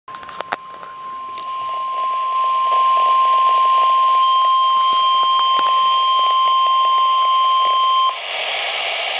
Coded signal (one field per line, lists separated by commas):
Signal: Emergency Alert System (SAME) tones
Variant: 1050 Hz attention tone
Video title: Severe T-Storm Warning (EAS #1,163)